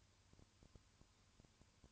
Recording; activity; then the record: daily activity, microphone in the room; no activity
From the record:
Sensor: 2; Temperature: 20.3 degrees Celsius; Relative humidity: 35.5%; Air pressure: 1000.9 hPa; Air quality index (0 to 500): 196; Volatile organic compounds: 5 ppm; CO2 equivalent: 1728 ppm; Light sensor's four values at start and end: 2/3/2/2 and 2/3/2/2